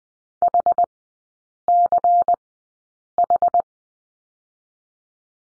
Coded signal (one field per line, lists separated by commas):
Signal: Morse code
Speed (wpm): 19 wpm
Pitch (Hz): 700 Hz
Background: none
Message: HCH